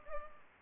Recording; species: mosquito wingbeat signal from an infrared sensor; Culex pipiens